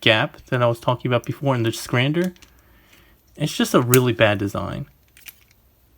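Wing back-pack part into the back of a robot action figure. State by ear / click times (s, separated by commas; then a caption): not seated / none. Someone talks while working the wing back-pack part into the gap behind the back panel of a King Arts DFS065 Mazinger Z diecast robot figure, forcing it through because the panel door does not lock open. A few faint, short knocks come near the end at about 5.2 and 5.3 seconds, but nothing has seated or clicked yet.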